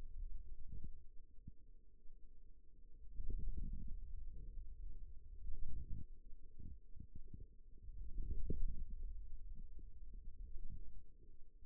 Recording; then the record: forearm muscle sounds (acoustic myography)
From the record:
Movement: ulnar deviation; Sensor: system 2, bracelet of six BSWA MPA416 microphones around the upper forearm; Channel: 3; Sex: male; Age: 22 years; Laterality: right